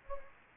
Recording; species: mosquito wingbeat signal from an infrared sensor; Anopheles gambiae